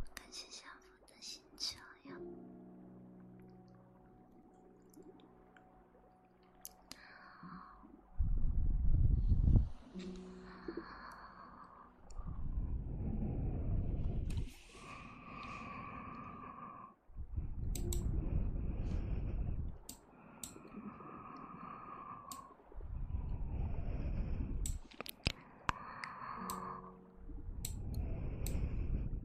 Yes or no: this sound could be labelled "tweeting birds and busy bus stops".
no